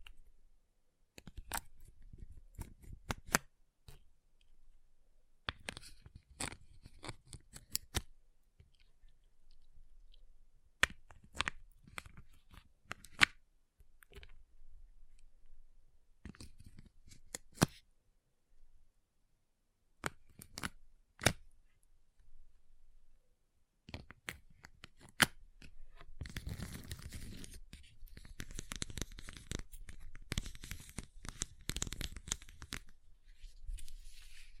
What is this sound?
Ice Tapping, Scratching, Carving Sounds